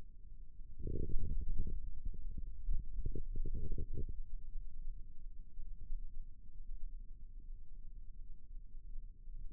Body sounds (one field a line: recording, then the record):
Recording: forearm muscle sounds (acoustic myography)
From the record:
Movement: radial deviation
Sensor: system 2, bracelet of six BSWA MPA416 microphones around the upper forearm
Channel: 3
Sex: male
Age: 22 years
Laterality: right